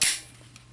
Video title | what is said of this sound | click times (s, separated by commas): KEL-TEC PF-9 / P-11 Max Control 20 lb Recoil Spring – Installation & Overview - M*CARBO | pulling that barrel a little bit make sure you hear that snap good | 0.0 s